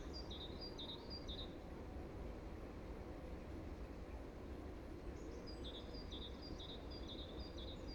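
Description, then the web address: Great tit song: bright two-note phrases repeated rapidly in two bursts, at the start and again near the end, over a constant low traffic rumble. Recorded in a neighbourhood. "ecoute de mon quartier mesange charbonniere"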